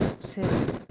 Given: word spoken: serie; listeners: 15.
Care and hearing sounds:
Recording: one Spanish word in noise, from a listening test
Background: noise modulated by one talker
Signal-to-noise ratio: -7.1 dB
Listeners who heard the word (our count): 0 of 15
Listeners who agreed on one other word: 9 of 15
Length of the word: 0.51 s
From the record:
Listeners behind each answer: 9, 2, 2, 1, 1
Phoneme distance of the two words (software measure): 14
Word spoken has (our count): 2 syllables, 5 phonemes, stress on syllable 1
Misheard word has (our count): 1 syllable, 3 phonemes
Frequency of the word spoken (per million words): 168.30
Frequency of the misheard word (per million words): 1526.78

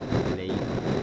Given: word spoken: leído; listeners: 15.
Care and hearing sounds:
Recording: one Spanish word in noise, from a listening test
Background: noise modulated by three-talker babble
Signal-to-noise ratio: -6.3 dB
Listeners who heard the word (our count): 3 of 15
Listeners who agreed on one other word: 10 of 15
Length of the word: 0.63 s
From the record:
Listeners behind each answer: 10, 3, 1, 1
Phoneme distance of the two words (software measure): 14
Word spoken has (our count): 3 syllables, 5 phonemes, stress on syllable 2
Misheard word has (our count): 2 syllables, 3 phonemes, stress on syllable 2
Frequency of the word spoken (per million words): 25.21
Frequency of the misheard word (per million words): 8.18

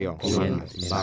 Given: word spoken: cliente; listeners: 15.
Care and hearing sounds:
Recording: one Spanish word in noise, from a listening test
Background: four-talker babble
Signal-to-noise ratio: -3.0 dB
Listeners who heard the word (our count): 0 of 15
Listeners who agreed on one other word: 7 of 15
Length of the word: 0.63 s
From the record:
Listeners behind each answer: 7, 2, 1, 1, 1, 1, 1, 1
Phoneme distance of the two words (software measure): 24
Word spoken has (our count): 2 syllables, 7 phonemes, stress on syllable 1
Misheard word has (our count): 2 syllables, 7 phonemes, stress on syllable 1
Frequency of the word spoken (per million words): 27.55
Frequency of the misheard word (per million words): 6.58

